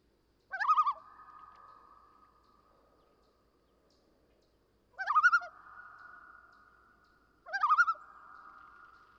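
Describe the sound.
Common loon uttering three quavering, upslurred notes separated by long pauses, each followed by a fading sustained tone.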